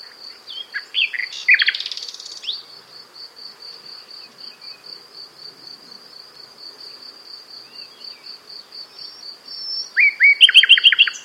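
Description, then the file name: Common Nightingale song: short bursts of sweeping notes, then a long pause, then a rapid buzzy series of repeated notes, over a steady pulsing insect drone. "Luscinia megarhynchos"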